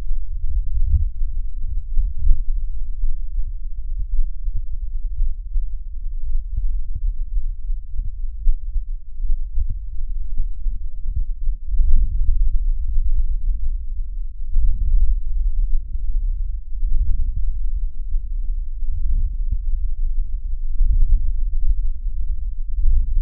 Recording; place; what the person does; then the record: lung sounds by stethoscope; right anterior apical chest; quiet breathing, then deep breathing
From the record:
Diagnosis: interstitial lung disease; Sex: male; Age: 82 years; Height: 158 cm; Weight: 49 kg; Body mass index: 19.6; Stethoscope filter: bell mode